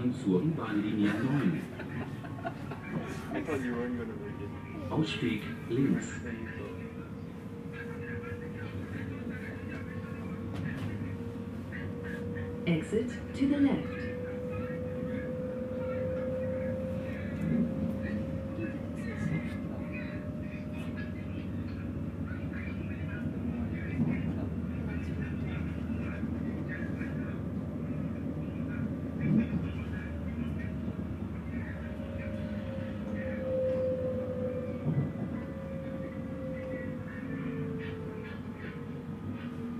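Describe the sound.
An S-Bahn train runs steadily with a low, constant rumble and a faint rhythmic clatter from the rails. A thin whining tone rises and falls through the middle and again near the end. Brief knocks and murmured speech surface now and then over the ride.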